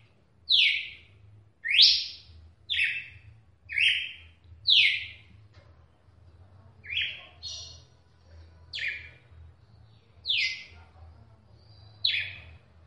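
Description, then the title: Red-cowled cardinal singing sweeping phrases, a run of five notes about a second apart, a short pause, then several more spaced notes. "Galo De Campina"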